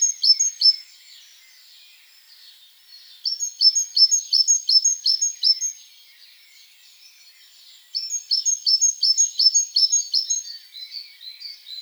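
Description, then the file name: Great tit calls: bursts of rapid, high, sharp notes repeated several times each, separated by quiet pauses. "Parus major"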